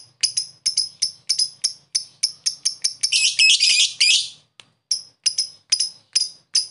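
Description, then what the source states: Lovebird sharp, high chirps repeated at an uneven pace, with a short burst of fast scratchy chatter in the middle. Pet lovebird giving long "ngekek" chatter, used for training other pet birds (masteran).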